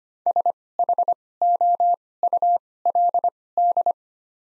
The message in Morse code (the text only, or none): SHOULD